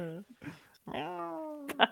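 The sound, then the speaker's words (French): A female cat sitting on a person's lap meows several times: two short, slightly rough calls, then a long, drawn-out mew that rises and holds its pitch, ending with a brief sharp chirp. “Ce n'est pas Olivier qui imite un chat”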